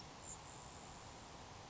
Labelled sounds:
Grasshopper Sparrow
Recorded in Sonoma County, California

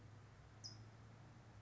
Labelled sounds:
California Towhee
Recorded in Sonoma County, California

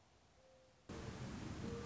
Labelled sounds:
Mourning Dove
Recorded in Sonoma County, California

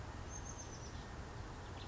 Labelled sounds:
Oak Titmouse
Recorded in Sonoma County, California

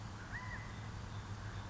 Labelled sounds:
California Quail
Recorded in Sonoma County, California

